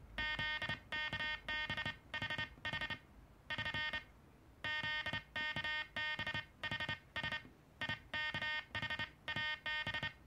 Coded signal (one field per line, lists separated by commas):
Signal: Morse code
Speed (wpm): 28 wpm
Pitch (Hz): 1850 Hz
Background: none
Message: ZKBHH <SN> ZKBHS IKHAB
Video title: SidesWiper (Cootie) morse code key KDM 2 made in USSR.